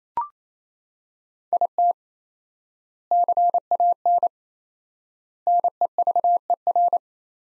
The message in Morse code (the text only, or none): IT CAN NEVER